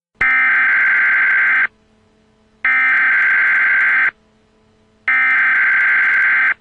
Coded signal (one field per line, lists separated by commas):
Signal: Emergency Alert System (SAME) tones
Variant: header bursts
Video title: Mega Man Nightmare Boss Attack (multi-part EAS mock-up) - Part 4-7